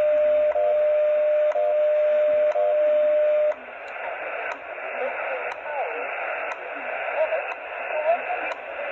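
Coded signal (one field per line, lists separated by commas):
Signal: radio time signal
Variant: WWV and WWVH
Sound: steady mid tone broken by a click each second, then faint voices under static with ticks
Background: radio static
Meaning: Each tick marks one second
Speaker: so you should hear two voices in here thank you okay so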